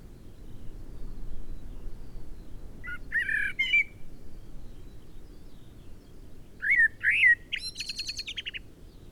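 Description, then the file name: Eurasian blackbird singing two brief phrases, each a low fluty warble followed by a buzzy, chattering high twitter. "Turdus merula"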